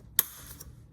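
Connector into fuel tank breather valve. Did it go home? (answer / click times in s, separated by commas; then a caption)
yes / 0.2 s. A connector or line is plugged into the fuel tank breather valve assembly on a BMW X5 G05 with the B58 TU Gen2 engine, serviced for codes P0456 and P0172. One sharp, bright click is heard at 0.2 s, followed by a much fainter tick at 0.6 s. The connector is seated.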